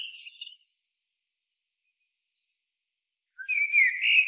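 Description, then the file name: Eurasian blackbird song fragments: a high squeaky twitter ends one phrase, then after silence a new mellow warbled phrase begins. "Turdus merula"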